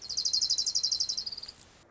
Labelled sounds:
Orange-crowned Warbler
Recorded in Sonoma County, California

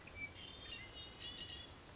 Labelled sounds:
Red-winged Blackbird
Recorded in Sonoma County, California

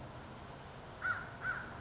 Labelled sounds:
American Crow
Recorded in Sonoma County, California

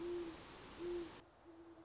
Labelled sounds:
Great Horned Owl
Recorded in Sonoma County, California

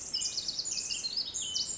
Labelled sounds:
Pacific Wren
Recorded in Sonoma County, California

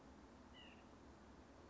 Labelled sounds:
White-breasted Nuthatch
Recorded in Sonoma County, California

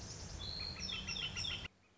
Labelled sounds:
Northern Flicker
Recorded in Sonoma County, California

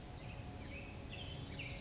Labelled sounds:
California Towhee
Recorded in Sonoma County, California

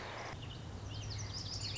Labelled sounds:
Lazuli Bunting
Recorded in Sonoma County, California

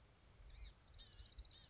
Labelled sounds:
Blue-gray Gnatcatcher
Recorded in Sonoma County, California

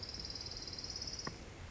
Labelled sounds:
Orange-crowned Warbler
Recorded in Sonoma County, California

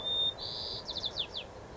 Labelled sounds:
White-crowned Sparrow
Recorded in Sonoma County, California

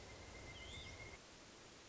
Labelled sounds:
Pileated Woodpecker
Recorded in Sonoma County, California

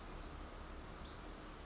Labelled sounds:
Pacific Wren
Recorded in Sonoma County, California

